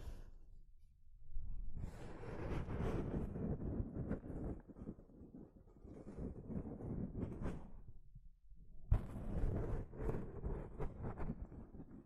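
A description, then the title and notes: Soft fabric brushes over a microphone in rumbling, scratchy swipes, with a quiet pause around the eighth second before a sharp renewed rub. ASMR Mic Brushing using Soft Fabric (No Talking).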